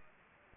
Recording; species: mosquito wingbeat signal from an infrared sensor; Aedes aegypti